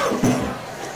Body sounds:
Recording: coughing mixed with background sound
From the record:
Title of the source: Spring Cold Coughing 3

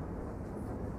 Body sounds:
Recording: background sound without coughing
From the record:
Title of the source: Train Ride Ambience ambient white noise for sleeping, focus, studying, reading

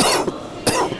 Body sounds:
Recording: coughing mixed with background sound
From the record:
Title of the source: Coughing 79

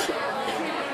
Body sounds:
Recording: coughing mixed with background sound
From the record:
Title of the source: 55 gaggy wet cough

